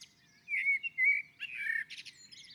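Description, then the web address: Common blackbird singing one mellow, fluty warbled phrase that breaks into a thin, high-pitched twittering flourish at the end. On a roof. "sammel Naturinspelningar Koltrast på taket"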